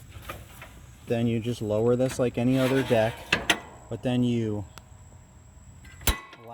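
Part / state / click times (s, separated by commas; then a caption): deck height adjustment lever into notched height plate on stand-on mower / seated / 6.1 s. Someone talks while lowering the deck of a Wright ZK 61 stand-on mower, set for 4 inches, with the deck height adjustment lever. At 6.1 s the lever drops into a metal notch on the notched height plate with a sharp metallic clink, and it is locked in place.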